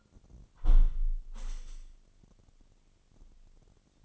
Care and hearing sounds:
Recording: daily activity, microphone in the room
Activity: close window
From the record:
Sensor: 4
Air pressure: 998.8 hPa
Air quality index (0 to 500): 114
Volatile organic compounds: 2 ppm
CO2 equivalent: 1123 ppm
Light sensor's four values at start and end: 10/24/9/10 and 10/24/9/10

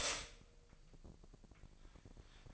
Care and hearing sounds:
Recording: daily activity, microphone in the room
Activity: stop toaster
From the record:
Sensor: 5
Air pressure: 1007.2 hPa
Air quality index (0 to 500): 127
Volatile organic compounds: 1 ppm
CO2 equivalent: 961 ppm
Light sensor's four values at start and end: 27/63/26/27 and 27/63/26/27

